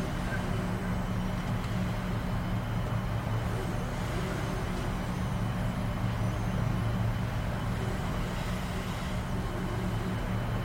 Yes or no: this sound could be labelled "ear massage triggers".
no